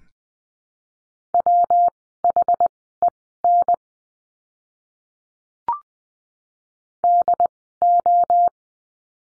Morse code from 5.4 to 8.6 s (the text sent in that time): DO